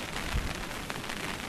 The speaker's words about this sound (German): Es regnet, es scheint aber nur ein kurzer Schauer zu werden, aber wahrscheinlich sehr heftig.